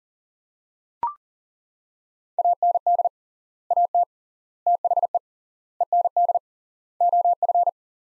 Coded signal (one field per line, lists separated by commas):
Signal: Morse code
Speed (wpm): 40 wpm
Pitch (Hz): 700 Hz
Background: none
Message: AND AT THE END OF